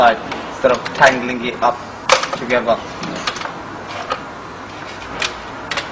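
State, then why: Seated. Someone talks while an infrared sensor plug is pushed into its socket on the back of an aftermarket navigation car radio head unit for a BMW E46. Several light ticks at about 3.3, 3.5 and 4.1 seconds come before the strongest click at 5.7 seconds, when the connector clicks in and is seated.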